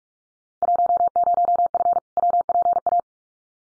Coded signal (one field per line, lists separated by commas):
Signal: Morse code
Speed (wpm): 44 wpm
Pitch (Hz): 700 Hz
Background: none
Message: 10F WPA